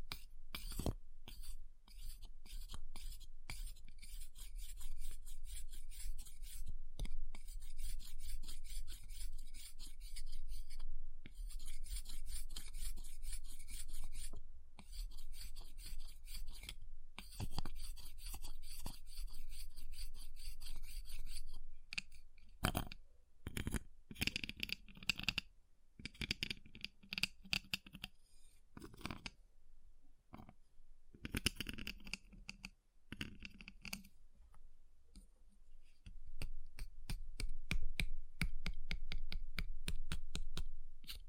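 Ice being scratched and carved, with dense, rasping strokes running almost continuously through the first twenty seconds. After that the scraping breaks into shorter bursts separated by brief gaps, with sharp taps and clicks scattered between them, then turns steadier again near the end.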